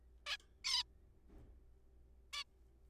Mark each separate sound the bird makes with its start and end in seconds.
0.26-0.37, 0.65-0.83, 2.33-2.43